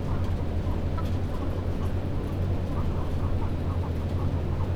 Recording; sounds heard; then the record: poultry house recording; healthy chickens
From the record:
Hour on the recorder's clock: 21